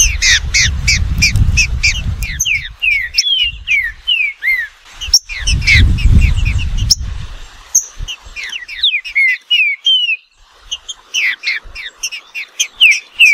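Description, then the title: Green-winged saltator song: dense bursts of short slurred and whistled notes, rapidly repeated, with two spells of low rumbling noise. Wild bird in the bush, singing in competition with another free-living bird. "Trinca Ferro NICÃ O"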